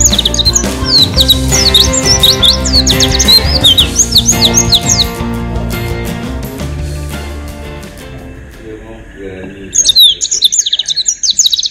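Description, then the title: White-eye song, a rapid run of high, thin chirps and twitters, pausing midway and then resuming, over a steady low hum of tones. "Pleci. Haji Ifa Kudus"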